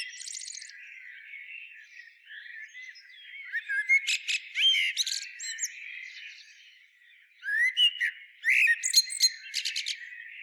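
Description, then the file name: Eurasian blackbird song: a quiet opening, then loud whistled phrases ending in high squeaky flourishes, a lull, and another lively burst of twittering notes. "Turdus merula"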